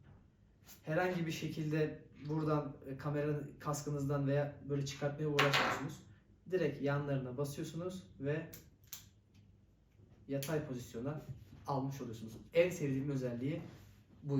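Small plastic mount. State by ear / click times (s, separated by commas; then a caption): seated / 8.9 s. An action camera is released from its magnetic quick-release mount by pressing the mount's side buttons, turned from vertical to horizontal, and snapped back onto the mount while someone talks. A single short click is heard at 8.9 s as the camera seats in the horizontal position.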